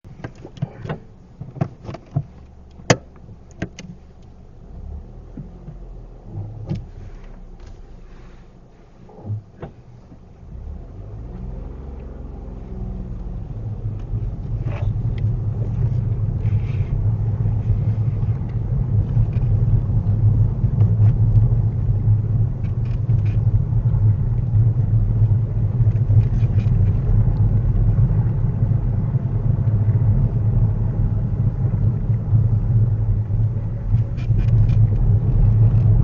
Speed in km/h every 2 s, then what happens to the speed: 0, 0, 0, 0, 0, 2, 10, 16, 19, 19, 19, 21, 24, 24, 23, 21, 19, 23.
0-10 standing. 10-15 pulls away to 19. 15-36 steady at about 21.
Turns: none.